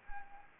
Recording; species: mosquito wingbeat signal from an infrared sensor; Anopheles arabiensis